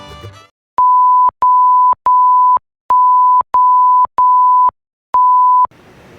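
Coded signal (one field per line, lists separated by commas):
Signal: none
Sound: radio's channel change beeps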